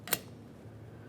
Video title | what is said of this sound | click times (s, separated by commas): How to Replace Wiper Blades 2006-2012 Ford Fusion | Listen for a click and give it a tug to make sure it's completely secured. | 0.1 s